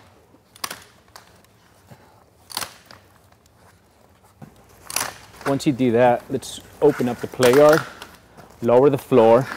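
With one hand on the center strap, the top rails of a Joovy Room² playpen are engaged one by one into the rail locks of the playpen frame, each giving a sharp click at 0.6 s, 2.6 s, 4.9 s and 5.0 s. From about 5 s on, someone talks. Each rail is seated and locked in position.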